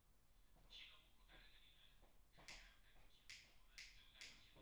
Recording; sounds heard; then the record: poultry house recording; no chicken sound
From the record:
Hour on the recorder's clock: 10